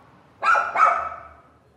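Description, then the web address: Small dog giving two quick high-pitched barks in close succession, the second trailing off. "small dog barking"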